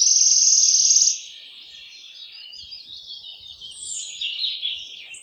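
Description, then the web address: Wood warbler song: a loud, dry, shivering trill about a second long ends abruptly, followed by softer twittering. "geluiden fluiter. zang"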